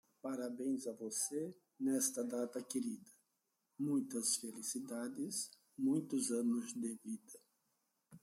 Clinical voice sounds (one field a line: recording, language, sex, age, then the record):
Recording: short text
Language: Brazilian Portuguese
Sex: male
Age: 60 to 69 years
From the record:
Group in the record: control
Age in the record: 62 years